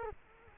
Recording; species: mosquito wingbeat signal from an infrared sensor; Culex quinquefasciatus